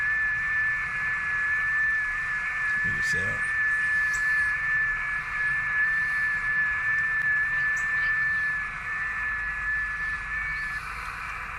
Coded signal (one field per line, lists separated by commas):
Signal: FT8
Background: speech